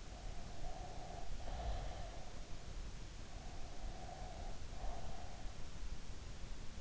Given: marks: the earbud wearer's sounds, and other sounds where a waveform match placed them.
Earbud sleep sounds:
sounds in sleep by an in-ear microphone; breath
0.03-2.79 s: breath
3.15-5.68 s: breath

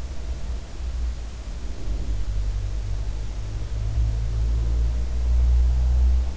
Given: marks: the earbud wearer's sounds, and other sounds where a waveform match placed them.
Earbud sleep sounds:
sounds in sleep by an in-ear microphone; breath
1.53-2.46 s: breath
4.20-5.05 s: breath

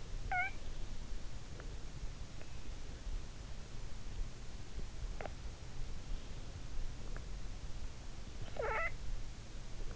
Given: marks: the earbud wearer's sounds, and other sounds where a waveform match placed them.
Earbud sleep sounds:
sounds in sleep by an in-ear microphone; snoring breath
0.00-0.65 s: snoring breath
8.49-9.24 s: snoring breath

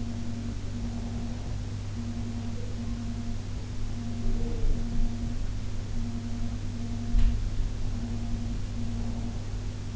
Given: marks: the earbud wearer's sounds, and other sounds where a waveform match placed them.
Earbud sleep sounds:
sounds in sleep by an in-ear microphone; breath
0.00-1.43 s: breath
1.91-6.33 s: sound from someone else or the room

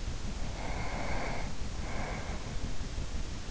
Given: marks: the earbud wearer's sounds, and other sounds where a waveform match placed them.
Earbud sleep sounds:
sounds in sleep by an in-ear microphone; breath
0.30-3.06 s: breath

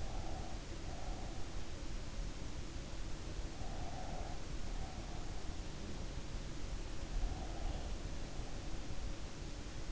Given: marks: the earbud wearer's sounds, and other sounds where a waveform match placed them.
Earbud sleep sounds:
sounds in sleep by an in-ear microphone; breath
0.00-1.81 s: breath
3.53-5.61 s: breath
7.22-9.09 s: breath

